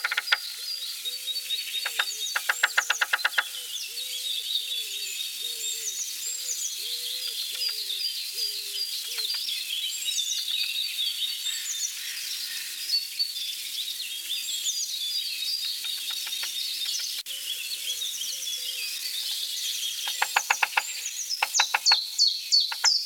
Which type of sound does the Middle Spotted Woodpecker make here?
song